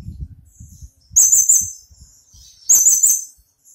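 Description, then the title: Small bird giving two bursts of high, rapid chirps separated by a short pause. "Burung Kecil"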